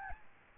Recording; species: mosquito wingbeat signal from an infrared sensor; Aedes albopictus